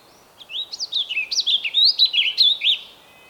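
Bird song, a brisk phrase of high, bouncing chirps and warbled notes, starting after a brief quiet moment.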